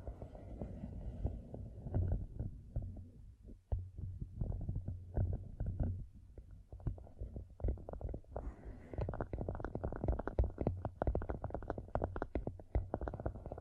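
Gem-covered fingertips tap and scratch in dense, irregular flurries over a low rumbling texture, growing busier and brighter after about eight seconds.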